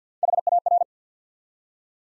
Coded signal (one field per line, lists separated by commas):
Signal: Morse code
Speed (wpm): 50 wpm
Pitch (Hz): 700 Hz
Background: none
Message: HAR